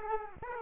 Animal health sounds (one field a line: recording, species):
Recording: mosquito wingbeat signal from an infrared sensor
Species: Aedes aegypti